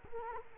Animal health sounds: mosquito wingbeat signal from an infrared sensor; Culex quinquefasciatus

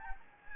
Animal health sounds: mosquito wingbeat signal from an infrared sensor; Anopheles gambiae

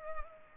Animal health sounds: mosquito wingbeat signal from an infrared sensor; Culex pipiens

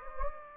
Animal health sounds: mosquito wingbeat signal from an infrared sensor; Anopheles gambiae

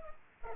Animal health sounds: mosquito wingbeat signal from an infrared sensor; Culex pipiens

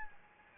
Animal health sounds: mosquito wingbeat signal from an infrared sensor; Anopheles gambiae

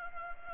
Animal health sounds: mosquito wingbeat signal from an infrared sensor; Culex pipiens

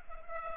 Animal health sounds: mosquito wingbeat signal from an infrared sensor; Culex pipiens

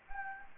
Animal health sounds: mosquito wingbeat signal from an infrared sensor; Anopheles gambiae

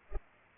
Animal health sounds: mosquito wingbeat signal from an infrared sensor; Culex pipiens

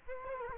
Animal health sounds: mosquito wingbeat signal from an infrared sensor; Culex quinquefasciatus

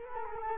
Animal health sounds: mosquito wingbeat signal from an infrared sensor; Culex quinquefasciatus

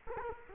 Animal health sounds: mosquito wingbeat signal from an infrared sensor; Culex quinquefasciatus

